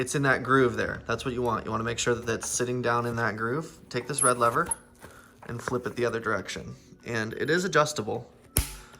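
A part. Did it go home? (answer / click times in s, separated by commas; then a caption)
yes / 8.6 s. A bike handlebar bag's red quick-release lever is flipped over to lock the bag onto its handlebar mount while someone talks. A sharp click at 8.6 s marks the lever locking the bag firmly in place on the mount.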